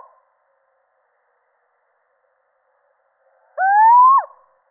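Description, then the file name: Little owl giving a single drawn-out, rising mewing hoot near the end, sliding upward then dropping sharply, after a long stretch of silence. Male. "Sycek obecny samec"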